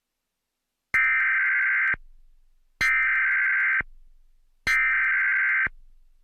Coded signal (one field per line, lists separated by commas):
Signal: Emergency Alert System (SAME) tones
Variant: header bursts